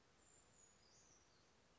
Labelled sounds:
Brown Creeper (Certhia americana)
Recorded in Sonoma County, California

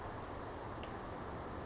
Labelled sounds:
Western Flycatcher (Empidonax difficilis)
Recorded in Sonoma County, California

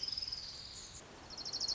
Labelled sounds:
Orange-crowned Warbler (Leiothlypis celata)
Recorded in Sonoma County, California

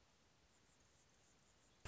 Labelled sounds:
Anna's Hummingbird (Calypte anna)
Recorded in Sonoma County, California

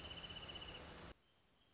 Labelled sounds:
Wrentit (Chamaea fasciata)
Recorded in Sonoma County, California

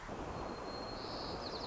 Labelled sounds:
White-crowned Sparrow (Zonotrichia leucophrys)
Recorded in Sonoma County, California

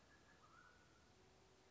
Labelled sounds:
Mountain Quail (Oreortyx pictus)
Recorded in Sonoma County, California

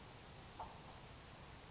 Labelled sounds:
Grasshopper Sparrow (Ammodramus savannarum)
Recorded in Sonoma County, California

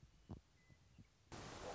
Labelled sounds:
Western Meadowlark (Sturnella neglecta)
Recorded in Sonoma County, California

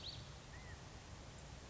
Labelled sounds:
California Quail (Callipepla californica)
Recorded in Sonoma County, California

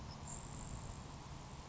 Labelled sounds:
Grasshopper Sparrow (Ammodramus savannarum)
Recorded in Sonoma County, California

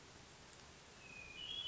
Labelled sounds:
Hermit Thrush (Catharus guttatus)
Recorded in Sonoma County, California

